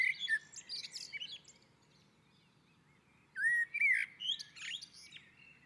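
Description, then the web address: Common blackbird singing: the high twittering end of one phrase, a quiet gap, then a mellow whistled phrase trailing off into thin scratchy twitters. On a roof. "Naturinspelningar Koltrast på taket"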